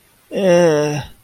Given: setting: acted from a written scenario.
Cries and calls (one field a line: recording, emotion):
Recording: vocal sound without words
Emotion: embarrassment